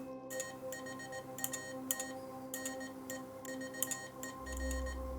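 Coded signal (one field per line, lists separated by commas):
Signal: Morse code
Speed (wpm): 18 wpm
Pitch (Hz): 1850 Hz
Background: none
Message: THAT NEVER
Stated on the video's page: Morse code remix of a song, tapped out on a transmitter by a fictional character; a comedic recreation.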